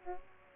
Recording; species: mosquito wingbeat signal from an infrared sensor; Aedes aegypti